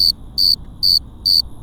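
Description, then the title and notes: Cricket chirps, four bright high bursts evenly spaced, faint steady tone and soft low noise behind. Several crickets on Cerro Gordo hill, León, Guanajuato, Mexico, 18 April 2019 at 9:19 p.m.; recorded with Tascam DR-05X built-in microphones and WS-11 windshield. "Grillos cercanos en el cerro gordo. Lomas del Madrono, Lomas del Campestre, Gto., Mexico. Close to some crickets at Cerro Gordo in Leon, Guanajuato. Mexico. I made this recording on April 18th, 2019, at 9:19 p.m"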